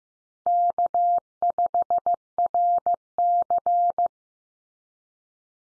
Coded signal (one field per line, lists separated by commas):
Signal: Morse code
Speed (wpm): 15 wpm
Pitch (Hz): 700 Hz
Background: none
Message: K5RC